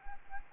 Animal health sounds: mosquito wingbeat signal from an infrared sensor; Anopheles arabiensis

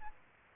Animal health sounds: mosquito wingbeat signal from an infrared sensor; Aedes aegypti

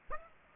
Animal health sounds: mosquito wingbeat signal from an infrared sensor; Aedes aegypti

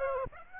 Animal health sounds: mosquito wingbeat signal from an infrared sensor; Aedes aegypti

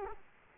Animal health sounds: mosquito wingbeat signal from an infrared sensor; Culex quinquefasciatus

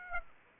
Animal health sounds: mosquito wingbeat signal from an infrared sensor; Aedes aegypti

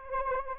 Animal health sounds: mosquito wingbeat signal from an infrared sensor; Anopheles arabiensis

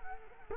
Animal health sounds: mosquito wingbeat signal from an infrared sensor; Culex quinquefasciatus

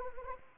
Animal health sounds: mosquito wingbeat signal from an infrared sensor; Anopheles arabiensis

